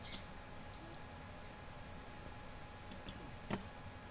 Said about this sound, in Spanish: Se escuchan los clic, clic, clic, clic.